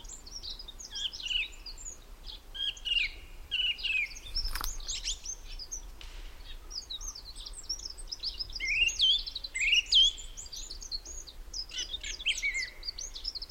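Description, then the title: Song thrush: bird song of varied high phrases, with a sharp click midway and a low rumble underneath. Song thrush singing, Peak District, during lockdown; described as the longest unbroken song ever heard by a thrush. "Thrush and wren, Peak District"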